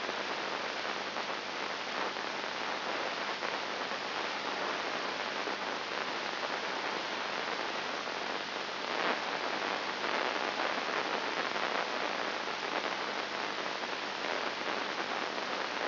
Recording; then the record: brain microelectrode recording played as sound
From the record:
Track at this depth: inside the subthalamic nucleus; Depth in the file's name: 3.901 mm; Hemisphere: left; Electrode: 2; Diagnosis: Parkinson's disease